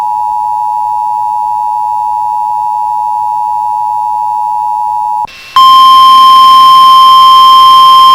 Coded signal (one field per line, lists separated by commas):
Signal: Emergency Alert System (SAME) tones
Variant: 853 and 960 Hz attention tone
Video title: [EAS] Tornado Watch for The Bemidji Area (June 18 2024)